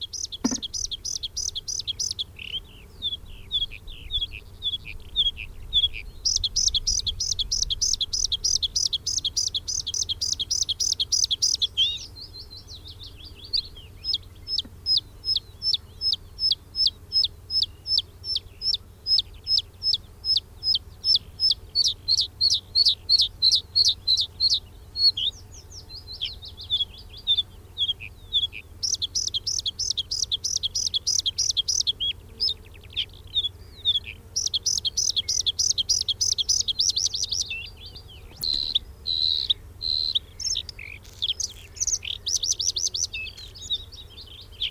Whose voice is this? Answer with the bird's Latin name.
Luscinia svecica